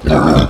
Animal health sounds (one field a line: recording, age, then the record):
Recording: pig call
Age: growing-finishing pig (85 days or more)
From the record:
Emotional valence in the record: positive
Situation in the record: run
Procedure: transit